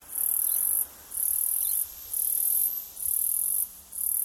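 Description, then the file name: Cicada call, a shrill high buzz pulsing on and off, roughly five short bursts with quick gaps between them. Australia. "INSECT AUS CICADA"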